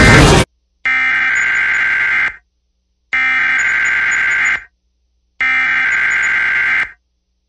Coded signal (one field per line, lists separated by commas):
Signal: Emergency Alert System (SAME) tones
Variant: header bursts